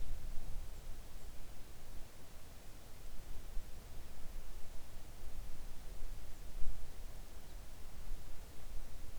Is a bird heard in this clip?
no